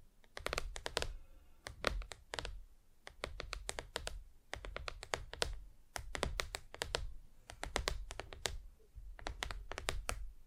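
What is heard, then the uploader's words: Tapping on hard surfaces in quick bursts of sharp clicks, separated by brief pauses, with a low thud under each tap and no talking. ASMR Just Tapping (Different Surfaces No Talking).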